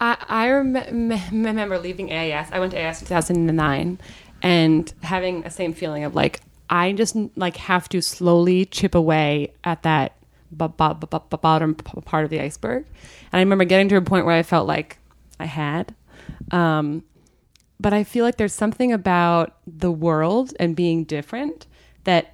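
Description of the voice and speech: An adult woman who stutters talks in a relaxed conversational voice, mostly fluent, with one clear stall: a repeated, held 'b-b… b' before a word. A few sounds are stretched and some pauses are long. These are stuttering with a part-word repetition, blocking and prolongations.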